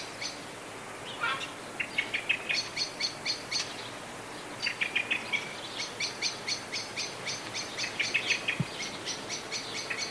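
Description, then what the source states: Blackbird alarm call: softer, scattered runs of sharp clicking notes mixed with a few lower tones, against a steady background hiss. Anxious calling.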